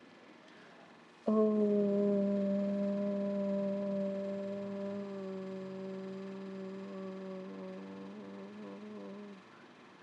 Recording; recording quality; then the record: sustained vowel as in boot; poor, much background noise or distortion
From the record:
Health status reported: healthy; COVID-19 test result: negative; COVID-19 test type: RT-PCR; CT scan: not taken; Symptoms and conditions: none ticked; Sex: female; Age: 21 years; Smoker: no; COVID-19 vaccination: one dose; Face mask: not worn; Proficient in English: yes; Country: India